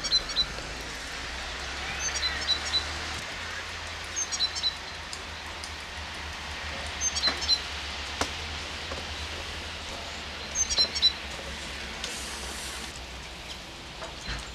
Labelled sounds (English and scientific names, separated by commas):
Coal Tit (Periparus ater) song